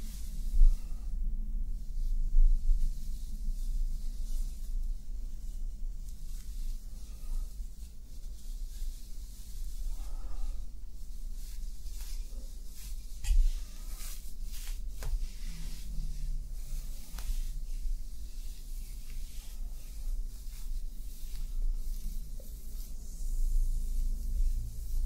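Hair being played with: soft, scratchy rustles and small crackles come and go irregularly over a constant low hum. The handling is quiet and sparse, with a few sharper touches around the middle, near thirteen to fifteen seconds.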